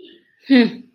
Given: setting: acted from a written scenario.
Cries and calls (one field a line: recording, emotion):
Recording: vocal sound without words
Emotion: pride